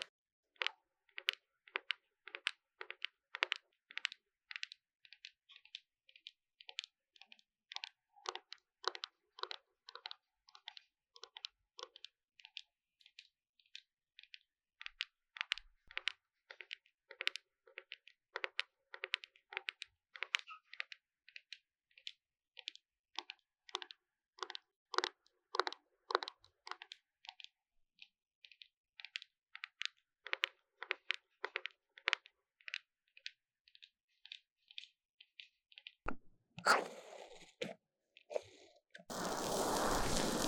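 Foam is pressed and rubbed against the ears in a steady run of short, crisp crackling squishes, about two or three a second, with brief pauses between bursts. Near the end a louder rush cuts in, then a dense, harsh rubbing noise.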